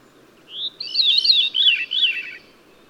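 Bird song: a rising whistled note, then a fast warbled run of high chirps wavering up and down, with quiet background hiss.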